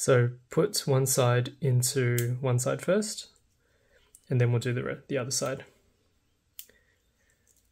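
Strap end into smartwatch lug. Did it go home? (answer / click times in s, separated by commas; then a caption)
yes / 6.6 s. Someone talks while fitting a strap onto a Galaxy Watch (7, 5 or 6): one end is already in, and the second strap end is pushed into the smartwatch lug. A sharp click at 6.6 s marks the strap end seating in place, followed by a few faint small clicks.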